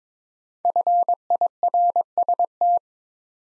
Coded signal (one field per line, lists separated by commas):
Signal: Morse code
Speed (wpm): 26 wpm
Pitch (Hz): 700 Hz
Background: none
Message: FIRST